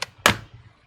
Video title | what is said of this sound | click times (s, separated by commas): FIXED Macbook Pro A1989 Cracked Screen | which is normal. You're not breaking anything, you're just popping up that little clicker. | 0.3 s